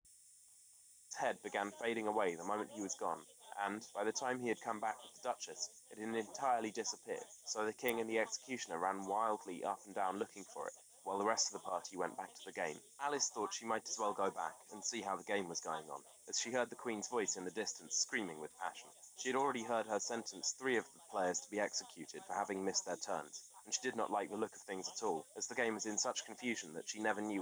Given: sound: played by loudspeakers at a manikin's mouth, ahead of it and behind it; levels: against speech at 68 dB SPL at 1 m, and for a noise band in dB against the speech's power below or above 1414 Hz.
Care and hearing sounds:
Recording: test signals for a remote microphone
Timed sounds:
1.11-27.42 s: man speaking, babble ahead at +6 dB SNR for speech at 1 m
From the record:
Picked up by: remote microphone D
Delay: 24 ms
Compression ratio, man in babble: 1.14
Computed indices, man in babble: HASPI 0.996, HASQI 0.277 (non-linear 0.318, linear 0.872), ESTOI 0.748

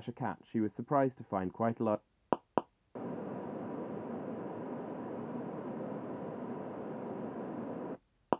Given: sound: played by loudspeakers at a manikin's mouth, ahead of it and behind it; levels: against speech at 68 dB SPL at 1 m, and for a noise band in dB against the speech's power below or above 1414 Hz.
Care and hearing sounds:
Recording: test signals for a remote microphone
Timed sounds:
0.00-1.95 s: man speaking
2.33 s: click
2.58 s: click
2.95-7.95 s: speech-spectrum noise, -10 dB
8.33 s: click
From the record:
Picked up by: measurement microphone

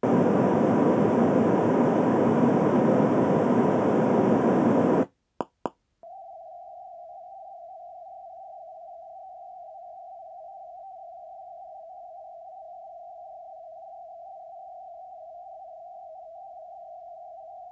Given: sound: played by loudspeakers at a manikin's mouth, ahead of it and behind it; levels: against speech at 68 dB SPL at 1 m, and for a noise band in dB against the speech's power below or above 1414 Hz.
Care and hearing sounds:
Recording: test signals for a remote microphone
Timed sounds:
0.03-5.03 s: speech-spectrum noise, +10 dB
5.41 s: click
5.66 s: click
6.03-17.71 s: noise band at 707 Hz, as loud as that band is in speech
From the record:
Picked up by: measurement microphone

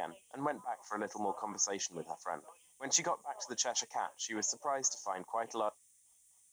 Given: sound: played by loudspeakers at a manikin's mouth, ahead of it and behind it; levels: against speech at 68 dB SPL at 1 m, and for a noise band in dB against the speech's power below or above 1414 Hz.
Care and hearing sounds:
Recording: test signals for a remote microphone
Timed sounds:
0.00-5.69 s: man speaking, babble ahead at +6 dB SNR for speech at 1 m
From the record:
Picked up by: remote microphone B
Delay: 24 ms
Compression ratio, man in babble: 1.70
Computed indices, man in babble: HASPI 0.999, HASQI 0.276 (non-linear 0.326, linear 0.847), ESTOI 0.728

